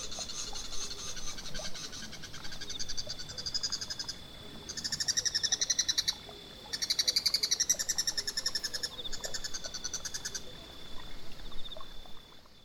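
Bird calls in rapid pulsed bursts, several seconds long with short gaps, over a steady high whine and constant background noise.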